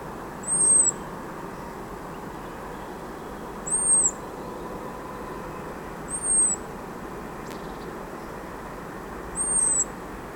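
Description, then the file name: European robin calling a high, thin arched whistle four times at uneven intervals of a few seconds, set against a steady low rumbling noise. "Erithacus rubecula"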